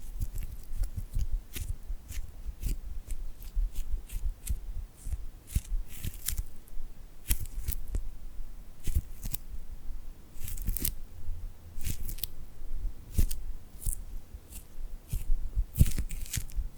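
Tingly hand sounds with a sticky, glued quality: sharp crackling snaps and peeling clicks burst out every half second or so, some in quick clusters. Between them, a soft rubbing rustle and low thumps continue, and the pattern stays irregular throughout.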